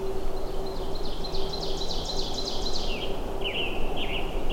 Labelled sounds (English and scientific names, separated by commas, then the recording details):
Ovenbird (Seiurus aurocapilla) song
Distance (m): 55 m
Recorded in boreal forest in Alberta, Canada, on 21 June 2016 at 08:10
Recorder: SongMeter 3, array SBT-6-76
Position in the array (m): 308 m, 94 m
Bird 1